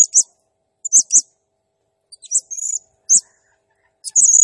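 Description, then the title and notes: Blue-crowned hanging parrot giving high chirps in pairs mixed with longer buzzy trilled squeals, ending on a sustained shrill note. Used as a masteran lure and training sound to make other birds sing; described as a lively, vocal (gacor) calling bird. "Burung Serindit Nembak Gacor Bikin Emosi Semua Burung. Suara Nasteran Dan Pemikat Burung Serinditan Gacor"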